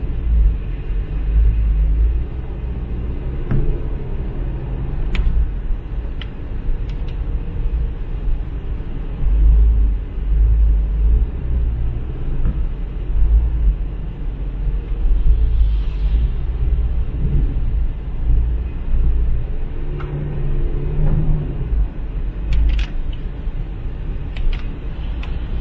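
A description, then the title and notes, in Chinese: Driving in the rain, with a steady low engine rumble filling the cabin, a soft wash of water noise, and occasional faint clicks and taps. 在雨中开车。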